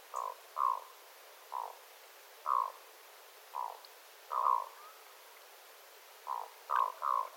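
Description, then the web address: Black-throated loon calls: a run of short, gruff croaking notes, single or in pairs. Adult loons, several birds, recorded 9 September 2025. "paivat 9 9 2025 aikuisten kuikkien aantelya aika hyva"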